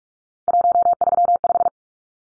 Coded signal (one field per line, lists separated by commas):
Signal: Morse code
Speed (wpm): 44 wpm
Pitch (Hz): 700 Hz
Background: none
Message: 135